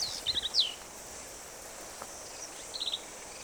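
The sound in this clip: Black-capped vireo song: a fast, scratchy, slurred phrase at the start, then a brief quieter repeat of a few notes near the end, over a faint steady hiss.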